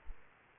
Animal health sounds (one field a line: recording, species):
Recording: mosquito wingbeat signal from an infrared sensor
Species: Aedes aegypti